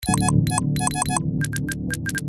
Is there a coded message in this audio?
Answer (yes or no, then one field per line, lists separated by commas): no